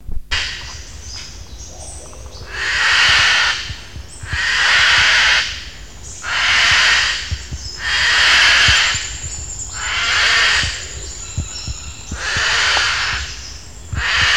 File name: Cacatuahaematuropygia